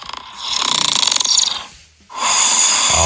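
An adult man snoring in his sleep: a loud, rough, fluttering snore on a long breath in, a short quiet pause, then the next snore begins.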